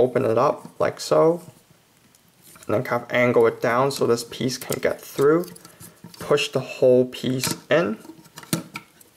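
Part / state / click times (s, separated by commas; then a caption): plastic body piece of a transforming action figure pushed into the figure's torso / seated / 8.5 s. A plastic body piece of a Takara Movie Advanced Nemesis Grimlock transforming action figure, a 2014 Expo exclusive, is opened up, angled down and pushed into the figure's torso during transformation into robot mode while someone talks. A sharp snap at 8.5 s marks the piece locking into place, with a few lighter clicks around it.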